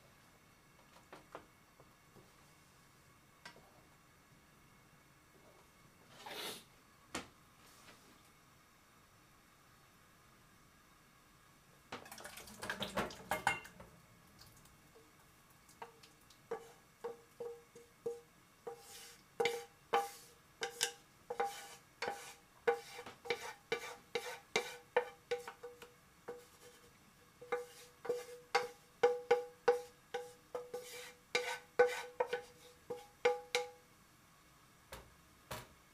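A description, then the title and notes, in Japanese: Making tomato sauce pasta: mostly quiet at first with a few isolated clicks, then a brief rustling clatter around 12 seconds. From about 16 seconds, quick ringing metallic taps, like a utensil knocking a pan, repeat steadily until near the end. 環境音 トマトソースパスタの一部始終。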